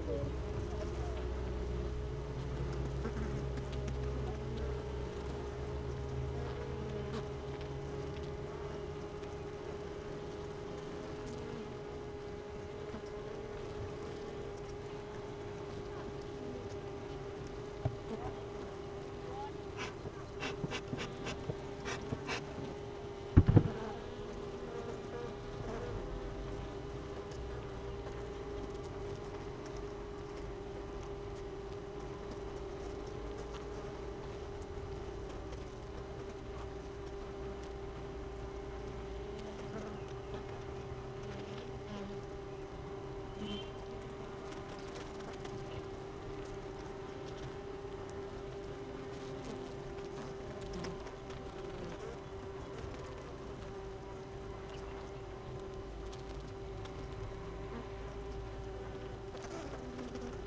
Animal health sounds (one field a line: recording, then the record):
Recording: honeybee colony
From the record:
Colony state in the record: missing queen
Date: 31 May 2018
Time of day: 16:24